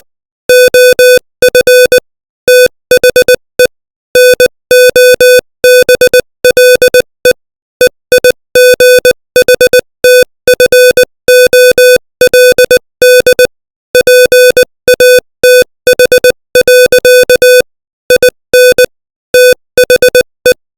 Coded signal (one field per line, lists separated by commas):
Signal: Morse code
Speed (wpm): 20 wpm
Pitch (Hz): 500 Hz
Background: music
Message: OF THE NOBLE EIGHTFOLD PATH. IN THE